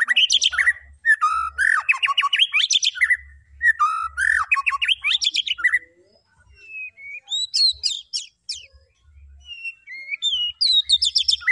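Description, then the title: White-rumped shama singing loud, rapid phrases of mixed whistles and chattery notes, then softer, spaced whistled notes and slurred rising phrases in the second half. Actively singing (gacor) white-rumped shama; a lure recording meant to make the bird respond. "MURAI BATU GACOR"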